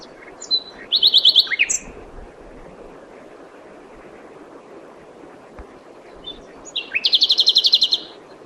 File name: Luscinia megarhynchos